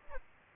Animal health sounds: mosquito wingbeat signal from an infrared sensor; Aedes aegypti

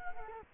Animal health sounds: mosquito wingbeat signal from an infrared sensor; Culex quinquefasciatus

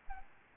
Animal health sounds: mosquito wingbeat signal from an infrared sensor; Aedes albopictus

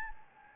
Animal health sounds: mosquito wingbeat signal from an infrared sensor; Anopheles gambiae

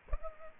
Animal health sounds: mosquito wingbeat signal from an infrared sensor; Culex pipiens

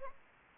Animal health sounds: mosquito wingbeat signal from an infrared sensor; Anopheles gambiae

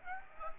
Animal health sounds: mosquito wingbeat signal from an infrared sensor; Aedes aegypti

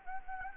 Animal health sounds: mosquito wingbeat signal from an infrared sensor; Anopheles gambiae

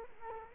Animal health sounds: mosquito wingbeat signal from an infrared sensor; Culex quinquefasciatus

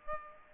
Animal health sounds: mosquito wingbeat signal from an infrared sensor; Aedes aegypti

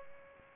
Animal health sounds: mosquito wingbeat signal from an infrared sensor; Aedes aegypti

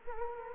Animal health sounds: mosquito wingbeat signal from an infrared sensor; Culex quinquefasciatus

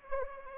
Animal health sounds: mosquito wingbeat signal from an infrared sensor; Anopheles arabiensis

